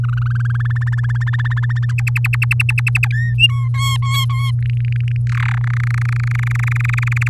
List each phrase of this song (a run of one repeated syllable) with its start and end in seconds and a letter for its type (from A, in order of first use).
0.04-1.06 A, 1.09-1.85 B, 1.89-3.08 C, 3.11-3.34 D, 3.38-3.68 E, 3.74-4.51 F, 4.62-5.17 G, 5.27-5.55 H, 5.57-7.28 I